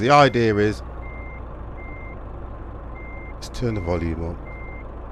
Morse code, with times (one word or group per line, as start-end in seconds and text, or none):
none